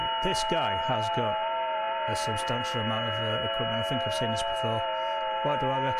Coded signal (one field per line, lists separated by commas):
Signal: FT8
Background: speech